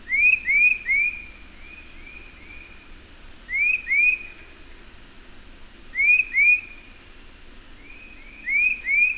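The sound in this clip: Bird song of short rising whistles in groups of two or three, repeated every few seconds, with fainter notes after some groups.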